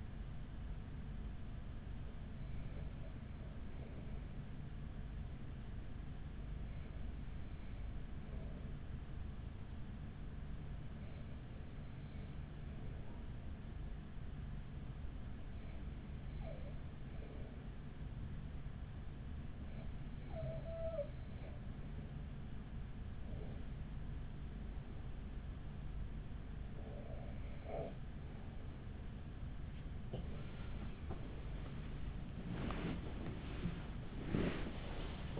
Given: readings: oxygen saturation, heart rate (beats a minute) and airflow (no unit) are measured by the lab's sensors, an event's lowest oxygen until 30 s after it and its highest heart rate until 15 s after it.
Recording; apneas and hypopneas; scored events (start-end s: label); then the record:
breathing in sleep by a smartphone at the bedside; 1
5.00-27.70 s: hypopnea (N2, oxygen 95% highest, then 94% lowest, heart rate 44 at the start, 58 highest)
31.00-35.40 s: new sleep stage, awake
32.00-35.40 s: awake
From the record:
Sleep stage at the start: N2 (light sleep); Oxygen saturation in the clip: 94 to 95%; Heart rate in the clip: 43 to 50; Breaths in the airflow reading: 8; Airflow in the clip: -7.3 to 10.8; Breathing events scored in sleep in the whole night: 207 in 7.6 hours asleep